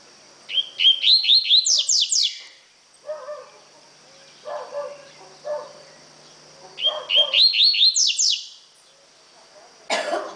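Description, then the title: Double-collared seedeater song: two bursts of about two seconds of fast rising whistled and buzzy notes, separated by softer lower chirps. "Canto Coleiro"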